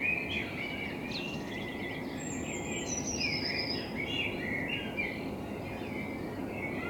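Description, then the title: Common blackbird with a run of mellow warbling notes and thin high squeaks, over broad steady background noise. Binaural dummy-head recording made in front of the recordist's window with a homemade dummy head, intended for headphone listening. "Kunstkopfaufnahme der Amsel vor meinem Fenster"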